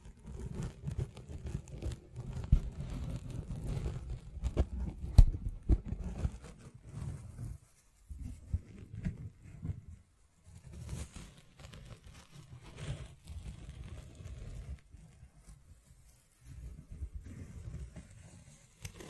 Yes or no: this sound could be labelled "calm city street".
no